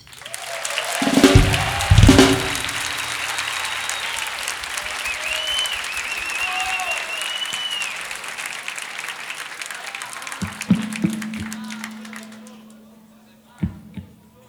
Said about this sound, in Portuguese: E ele é um grande amigo, fizemos uma música juntos, e eu vou chamá-lo aqui para a gente apresentar essa música. Eu quero que vocês recebam com uma salva de palmas,